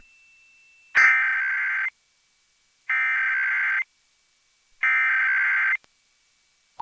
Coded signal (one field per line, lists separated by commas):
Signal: Emergency Alert System (SAME) tones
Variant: header bursts